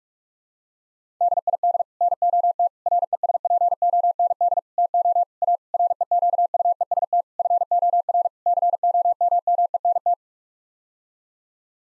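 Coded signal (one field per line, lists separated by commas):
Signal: Morse code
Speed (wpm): 46 wpm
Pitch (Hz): 700 Hz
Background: none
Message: DID NOT RESPOND TO A REQUEST FOR COMMENT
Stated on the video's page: Morse sent at 45 wpm as a head-copy drill of common English 8-word groups, each set sent, spoken, then sent again.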